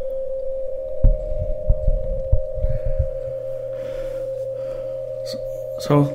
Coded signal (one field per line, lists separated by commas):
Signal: PSK31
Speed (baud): 31.25 baud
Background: speech